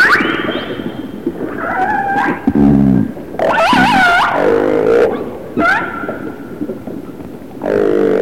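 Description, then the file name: Orca calls, loud wavering harmonic squeals and short upswept cries, with lower moaning tones between them over underwater noise. Resident orcas of the A clan. "Resident Orca ARClan"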